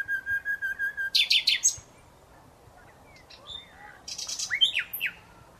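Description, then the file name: Common nightingale song: repeated level whistles that give way to a loud buzzy rattle, then a pause and a phrase of sweeping, slurred notes. "Luscinia megarhynchos"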